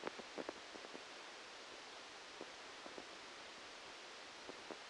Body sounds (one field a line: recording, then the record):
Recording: brain microelectrode recording played as sound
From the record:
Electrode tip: outside the subthalamic nucleus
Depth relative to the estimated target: -10 mm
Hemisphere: left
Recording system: NeuroSet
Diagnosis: Parkinson's disease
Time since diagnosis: 13 years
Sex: male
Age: 63 years